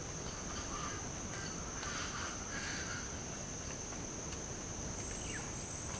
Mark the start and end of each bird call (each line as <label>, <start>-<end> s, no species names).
bird call, 0.01-3.15 s
bird call, 5.18-5.50 s